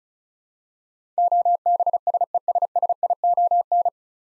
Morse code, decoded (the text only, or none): OBSESSION